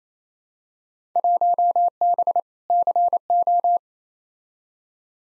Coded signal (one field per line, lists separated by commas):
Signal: Morse code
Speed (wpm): 28 wpm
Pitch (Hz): 700 Hz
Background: none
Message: 1B CO